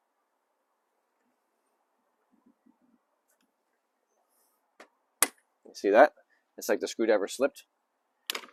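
A torque-limiting screwdriver tightens a wire lug screw in a metal AC disconnect until its clutch breaks away with a sharp click at the set torque, at 5.2 seconds. Faint low sounds come first, and someone talks after the click. It did not slip; the click means the screw reached its torque value.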